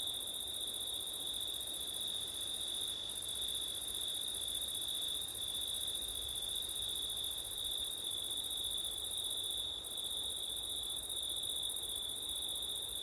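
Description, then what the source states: Steady cricket chorus, a high continuous trill with an even higher layer, briefly interrupted twice in the top band. Crickets on a September night, with wind; ortif (ORTF) microphone setup.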